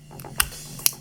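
A snap-on attachment, either the quick-release mount or the lens guard, is pressed harder onto an Insta360 Ace Pro action camera body. Two sharp clicks are heard at 0.4 s and 0.9 s, with a fainter tick around 0.2 s. The part seats firmly; it must be pressed until it clicks, since early on it nearly fell off when it only seemed fixed.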